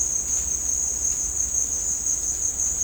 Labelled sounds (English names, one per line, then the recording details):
none
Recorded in dense forest near Puerto Asís, Putumayo, Colombia, on 21 December 2024 at 15:30
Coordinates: 0.466, -76.327
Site G075